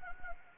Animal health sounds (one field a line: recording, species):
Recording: mosquito wingbeat signal from an infrared sensor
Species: Anopheles gambiae